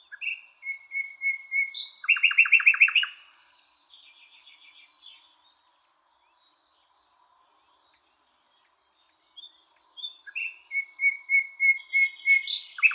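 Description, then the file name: Common nightingale song: clear piping notes and a loud rapid rattle, a long pause, then another strophe of whistles and repeated notes. "Luscinia megarhynchos"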